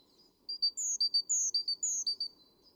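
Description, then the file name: Great tit calling with several groups of short high chips and longer, higher slurred notes over faint low background noise. "Parus major"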